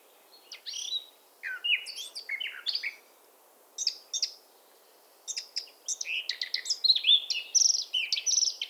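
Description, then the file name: Eurasian blackcap song: broken scratchy phrases building into a rapid, richer warble with clear fluty notes, over a faint steady hiss. "Sylvia atricapilla"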